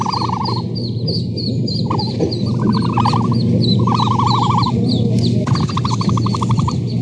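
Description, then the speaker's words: Ostrich chick contact calls: short warbling trilled notes given in several repeated bursts, over a steady low hum and background noise. Baby ostrich at a zoo in San Diego, calling to other chicks. "baby ostrich makes this sound to call to other chicks."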